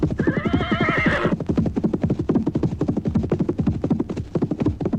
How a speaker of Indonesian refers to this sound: berkat ketangkasan Pak Kusir, kuda-kuda itu mulai berlari lebih pelan.